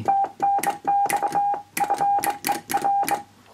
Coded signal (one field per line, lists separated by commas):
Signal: Morse code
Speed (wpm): 23 wpm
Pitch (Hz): 800 Hz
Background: none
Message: TNX FER